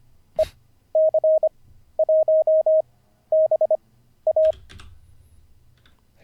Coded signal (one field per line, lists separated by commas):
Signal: Morse code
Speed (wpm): 25 wpm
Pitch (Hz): 620 Hz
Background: none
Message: EC1BA